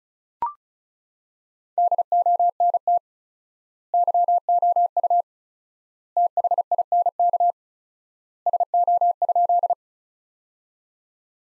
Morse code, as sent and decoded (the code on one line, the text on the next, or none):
-.. --- -. - / -.-- --- ..- / - .... .. -. -.- / ... --- ..--..
DONT YOU THINK SO?